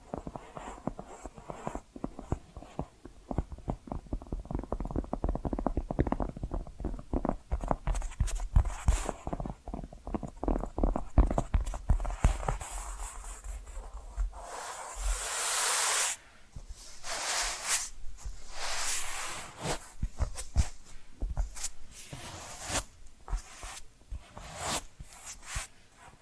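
Tapping and scratching sounds fill the clip, dense and uneven, with quick taps clustered through the first twelve seconds. Later the sounds thin into sparser, brighter scratches and brushing strokes, including a longer hissy scrape around fifteen seconds and another near seventeen.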